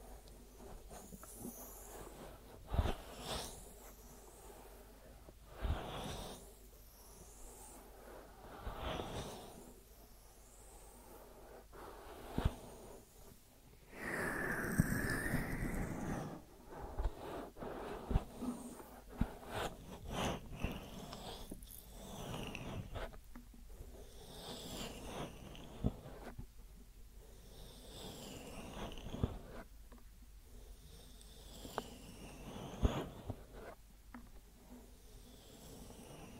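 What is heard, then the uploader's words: A deep ear massage: soft rubbing and brushing strokes sweep through in slow repeated waves, each a few seconds long, with crisp rustling on top and a low murmur beneath. Around fifteen seconds a louder, fuller rub swells, and sharp little taps punctuate throughout. ASMR Deep Ear Massage for Sleep(No Talking).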